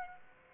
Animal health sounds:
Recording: mosquito wingbeat signal from an infrared sensor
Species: Aedes aegypti

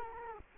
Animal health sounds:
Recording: mosquito wingbeat signal from an infrared sensor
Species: Culex quinquefasciatus

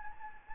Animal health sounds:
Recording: mosquito wingbeat signal from an infrared sensor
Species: Anopheles gambiae

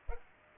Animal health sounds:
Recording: mosquito wingbeat signal from an infrared sensor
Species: Culex pipiens

